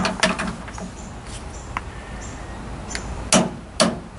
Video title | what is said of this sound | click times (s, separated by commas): Installing High Velocity Air Conditioning System Part 16 - The Unico System | it's a tool so we just hear that click right there that means it's set to the proper torque setting which in this case is what 35 | 3.3 s, 3.8 s